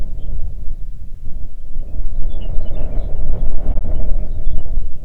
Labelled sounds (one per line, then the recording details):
songbird
wind
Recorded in the Arctic National Wildlife Refuge, Alaska, on 3 June 2019 at 05:42
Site 37